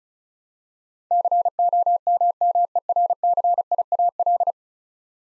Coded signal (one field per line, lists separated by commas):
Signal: Morse code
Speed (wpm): 36 wpm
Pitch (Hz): 700 Hz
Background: none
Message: COMMERCIAL